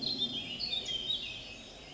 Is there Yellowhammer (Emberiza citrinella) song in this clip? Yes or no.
no